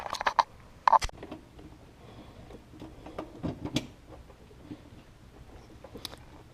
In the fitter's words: And there it is, it's locked into place.